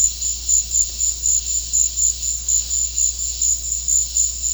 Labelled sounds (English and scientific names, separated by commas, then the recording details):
none
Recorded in secondary vegetation near Puerto Asís, Putumayo, Colombia, on 13 March 2025 at 16:00
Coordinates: 0.484, -76.319
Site G010